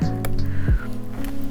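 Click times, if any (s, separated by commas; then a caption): none. Needle-nose pliers or another hand tool is handled at a 3D-printed plastic tool holder, with music playing throughout and a few short ticks of handling around 0.3 s and 1.2 s. The clip ends before the tool goes in, so nothing has seated or clicked yet.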